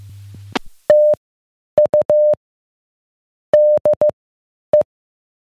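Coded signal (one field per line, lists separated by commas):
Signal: Morse code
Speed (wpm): 15 wpm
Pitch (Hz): 600 Hz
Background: none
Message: TU DE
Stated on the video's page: Club net on 442.200 MHz repeater, +100 Hz tone, temporarily replacing storm-damaged club repeater.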